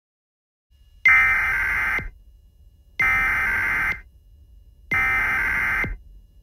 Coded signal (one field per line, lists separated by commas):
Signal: Emergency Alert System (SAME) tones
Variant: header bursts